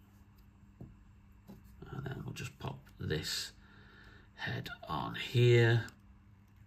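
Someone talks while handling an alternate plastic head for an action figure from the Marvel Legends Spider-Man and His Amazing Friends three-figure set, lining it up to be pushed onto the figure's neck ball joint. Soft, brief handling ticks and taps come between about 1.8 and 2.9 s. The clip ends before the swappable head goes home, so nothing has seated or clicked yet.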